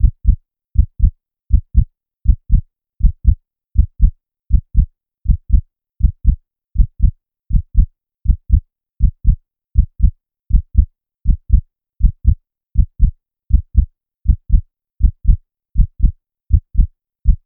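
Steady paired low thumps at 80 a minute, a regular lub-dub heartbeat sound effect.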